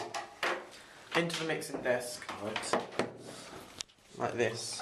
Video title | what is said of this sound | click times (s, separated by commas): NCFE Unit 1-2 (1.1-1.5) | Here's should hear the click. | 0.4 s